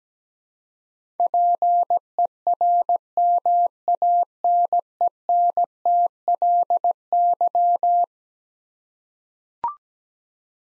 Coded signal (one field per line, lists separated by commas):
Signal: Morse code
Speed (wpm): 17 wpm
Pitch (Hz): 700 Hz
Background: none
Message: PERMANENTLY